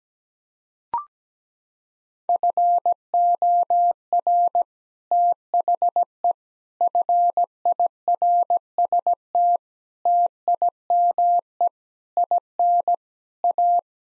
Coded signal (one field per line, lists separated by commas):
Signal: Morse code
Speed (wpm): 17 wpm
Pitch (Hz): 700 Hz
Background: none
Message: FOR THE FIRST TIME IN A